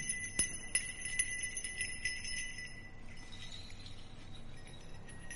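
A ritual hand bell, shaken by a sorcerer during a rite as he chants an incantation, jingles rapidly, growing faster with the chanting, with a quick run of bright, high metallic strikes for about three seconds, then a shimmering ring that lingers and fades, with no talking.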